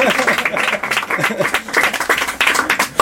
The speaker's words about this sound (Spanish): Me podéis aplaudir un poco si queréis.